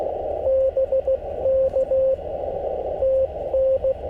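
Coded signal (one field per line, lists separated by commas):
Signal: Morse code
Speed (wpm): 20 wpm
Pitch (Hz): 560 Hz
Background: radio noise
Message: BK TN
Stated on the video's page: CW park activation pile-ups and DX after a solar storm, using an FT-891 and a 17-foot telescopic whip from a car.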